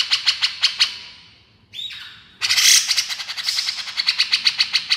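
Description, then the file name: Grey-cheeked Bulbul with a run of harsh repeated notes, a short whistled slur, then a loud burst of rapid buzzy chattering. Female bird. "suara cucak jenggot betina"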